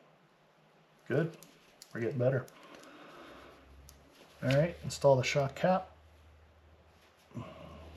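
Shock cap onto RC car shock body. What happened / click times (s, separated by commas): Handled, not yet home: no seating snap in this stretch / none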